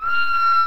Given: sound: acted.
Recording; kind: vocal sound; neutral vocalization